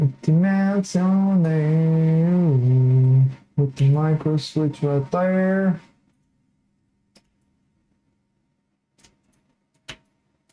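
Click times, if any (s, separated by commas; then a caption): 9.9 s. Someone talks, then a printed plastic part holding a micro switch is pushed into its mount on an Enraged Rabbit Carrot Feeder V2.0 multi-material filament feeder. After faint ticks at 7.2 and 9.3 seconds, a sharp click at 9.9 seconds marks the part locking in place.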